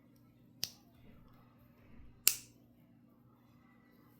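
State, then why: Seated. The steel blade of a slipjoint-style folding knife, riding on a backspring, is worked and compared with another knife; it snaps into its detent with two loud, sharp clicks at 0.6 s and 2.3 s. Over a faint low hum, the blade seats each time with a snappy action.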